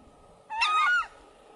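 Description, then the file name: Southern screamer: one loud, harsh honk from a Southern screamer, brief and trumpet-like, set against a steady background hum. "canto da anhuma poca"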